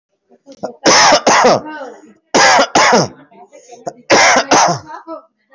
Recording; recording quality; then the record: shallow voluntary cough; excellent, no background noise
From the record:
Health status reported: recovered from COVID-19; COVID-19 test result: positive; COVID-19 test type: RT-PCR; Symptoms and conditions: cough, cold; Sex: male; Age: 40 years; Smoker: no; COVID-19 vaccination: both doses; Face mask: worn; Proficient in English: yes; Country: India